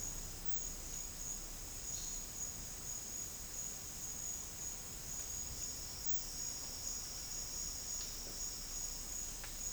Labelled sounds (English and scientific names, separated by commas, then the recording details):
none
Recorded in dense forest near Puerto Asís, Putumayo, Colombia, on 13 March 2025 at 11:00
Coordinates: 0.484, -76.325
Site G045